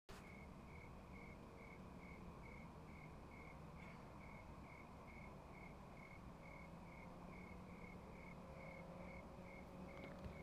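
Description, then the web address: Insect call, a steady pulsed tone repeating about two times per second without pause, over loud low rumbling background noise. "Insect Set 459"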